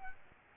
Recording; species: mosquito wingbeat signal from an infrared sensor; Aedes albopictus